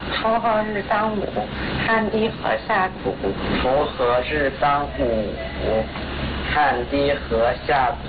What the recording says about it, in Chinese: 到了青春期呢，尤其是男孩，他的生理结构变化比较快，声带也快速拉长，结构虽然变了，但是他的发声方式还是保持着童声的发声色彩， 所以就会出现我们所谓的青春期假声这样的一个情况。 这是一个青春期男孩在嗓音门诊治疗前后的声音对比。